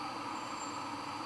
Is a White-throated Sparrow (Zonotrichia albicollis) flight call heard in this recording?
no